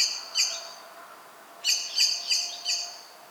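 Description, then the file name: Common blackbird chinking: two hard clicky notes, a short gap, then four more in a fast, even row. "Turdus merula"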